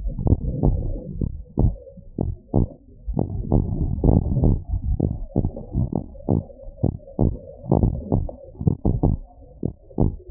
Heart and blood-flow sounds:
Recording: heart sounds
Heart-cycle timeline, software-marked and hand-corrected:
0.00	0.24	diastole
0.24	0.38	S1
0.38	0.64	systole
0.64	0.76	S2
0.76	1.22	diastole
1.22	1.34	S1
1.34	1.60	systole
1.60	1.74	S2
1.74	2.24	diastole
2.24	2.34	S1
2.34	2.56	systole
2.56	2.66	S2
2.66	3.16	diastole
3.16	3.28	S1
3.28	3.52	systole
3.52	3.64	S2
3.64	4.02	diastole
4.02	4.18	S1
4.18	4.38	systole
4.38	4.48	S2
4.48	4.86	diastole
4.86	4.98	S1
4.98	5.18	systole
5.18	5.26	S2
5.26	5.76	diastole
5.76	5.88	S1
5.88	6.14	systole
6.14	6.24	S2
6.24	6.82	diastole
6.82	6.94	S1
6.94	7.20	systole
7.20	7.34	S2
7.34	7.80	diastole
7.80	7.94	S1
7.94	8.14	systole
8.14	8.26	S2
8.26	8.72	diastole
8.72	8.80	S1
8.80	9.04	systole
9.04	9.16	S2
9.16	9.64	diastole
9.64	9.74	S1
9.74	10.00	systole
10.00	10.12	S2
10.12	10.31	diastole
From the record:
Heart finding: normal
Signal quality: good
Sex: male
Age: 46 years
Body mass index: 30

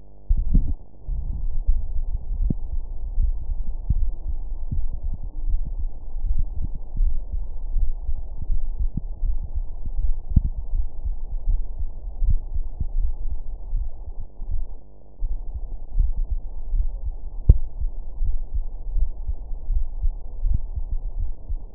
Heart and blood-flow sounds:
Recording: heart sounds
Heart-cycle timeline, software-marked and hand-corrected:
0.00	0.28	diastole
0.28	0.38	S1
0.38	0.52	systole
0.52	0.68	S2
0.68	1.06	diastole
1.06	1.16	S1
1.16	1.32	systole
1.32	1.40	S2
1.40	1.66	diastole
1.66	1.78	S1
1.78	1.96	systole
1.96	2.06	S2
2.06	2.36	diastole
2.36	2.52	S1
2.52	2.72	systole
2.72	2.82	S2
2.82	3.18	diastole
3.18	3.34	S1
3.34	3.50	systole
3.50	3.58	S2
3.58	3.88	diastole
3.88	4.04	S1
4.04	4.26	systole
4.26	4.36	S2
4.36	4.70	diastole
4.70	4.82	S1
4.82	5.04	systole
5.04	5.14	S2
5.14	5.46	diastole
5.46	5.60	S1
5.60	5.80	systole
5.80	5.90	S2
5.90	6.22	diastole
6.22	6.36	S1
6.36	6.56	systole
6.56	6.66	S2
6.66	6.98	diastole
6.98	7.14	S1
7.14	7.34	systole
7.34	7.44	S2
7.44	7.74	diastole
7.74	7.90	S1
7.90	8.10	systole
8.10	8.20	S2
8.20	8.50	diastole
8.50	8.62	S1
8.62	8.78	systole
8.78	8.90	S2
8.90	9.24	diastole
9.24	9.38	S1
9.38	9.56	systole
9.56	9.66	S2
9.66	9.98	diastole
9.98	10.14	S1
10.14	10.36	systole
10.36	10.46	S2
10.46	10.74	diastole
10.74	10.86	S1
10.86	11.06	systole
11.06	11.16	S2
11.16	11.48	diastole
11.48	11.62	S1
11.62	11.80	systole
11.80	11.88	S2
11.88	12.22	diastole
12.22	12.38	S1
12.38	12.54	systole
12.54	12.64	S2
12.64	12.96	diastole
12.96	13.12	S1
13.12	13.30	systole
13.30	13.40	S2
13.40	13.74	diastole
13.74	13.88	S1
13.88	14.06	systole
14.06	14.14	S2
14.14	14.50	diastole
14.50	14.62	S1
14.62	14.84	systole
14.84	14.92	S2
14.92	15.28	diastole
15.28	15.38	S1
15.38	15.56	systole
15.56	15.64	S2
15.64	15.96	diastole
15.96	16.10	S1
16.10	16.30	systole
16.30	16.40	S2
16.40	16.74	diastole
16.74	16.86	S1
16.86	17.06	systole
17.06	17.16	S2
17.16	17.48	diastole
17.48	17.60	S1
17.60	17.80	systole
17.80	17.90	S2
17.90	18.22	diastole
18.22	18.34	S1
18.34	18.54	systole
18.54	18.64	S2
18.64	18.94	diastole
18.94	19.08	S1
19.08	19.26	systole
19.26	19.36	S2
19.36	19.70	diastole
19.70	19.86	S1
19.86	20.02	systole
20.02	20.14	S2
20.14	20.44	diastole
20.44	20.60	S1
20.60	20.76	systole
20.76	20.86	S2
20.86	21.18	diastole
21.18	21.30	S1
21.30	21.50	systole
21.50	21.60	S2
21.60	21.75	diastole
From the record:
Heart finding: coronary artery disease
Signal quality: good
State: rest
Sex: male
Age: 48 years

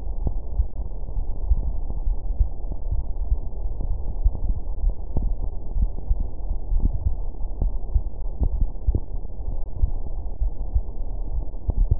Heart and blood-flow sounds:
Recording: heart sounds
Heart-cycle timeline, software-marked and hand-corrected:
not marked
From the record:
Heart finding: coronary artery disease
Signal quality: poor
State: rest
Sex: female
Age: 47 years

